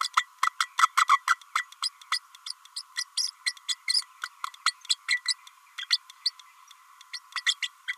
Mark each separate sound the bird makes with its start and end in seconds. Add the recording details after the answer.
0.00-0.09, 0.16-0.26, 0.42-0.50, 0.59-0.68, 0.78-0.90, 0.97-1.05, 1.08-1.21, 1.27-1.37, 1.55-1.65, 1.82-1.89, 2.11-2.19, 2.46-2.53, 2.76-2.82, 2.97-3.04, 3.17-3.30, 3.46-3.54, 3.68-3.75, 3.87-4.02, 4.23-4.28, 4.65-4.74, 5.08-5.21, 5.28-5.34, 5.78-5.86, 5.90-5.97, 6.25-6.31, 7.13-7.19, 7.46-7.56, 7.62-7.69, 7.88-7.96. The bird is a female. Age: 30 days. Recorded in a nest box in Venezuela. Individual 17B32A5